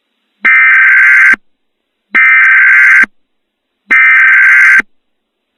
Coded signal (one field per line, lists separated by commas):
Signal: Emergency Alert System (SAME) tones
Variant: header bursts